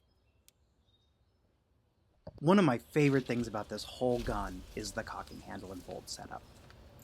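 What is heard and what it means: On a VFC HK416 airsoft rifle, the cocking handle pulls the bolt back in the upper receiver, where the bolt catch locks it open so the hop-up can be adjusted. The clip is mostly quiet at first with a faint tick near 0.5 s, then someone talks from about 2.3 s to the end. Nothing has seated or clicked yet.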